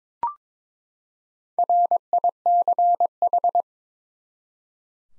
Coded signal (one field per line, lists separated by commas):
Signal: Morse code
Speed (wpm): 22 wpm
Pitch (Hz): 700 Hz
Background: none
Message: RICH